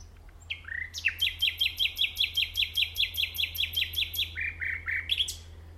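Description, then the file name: Common nightingale song: a fast run of many loud, sharp repeated notes lasting about three seconds, framed by short lower whistled notes, with a faint steady hum below. "Luscinia megarhynchos"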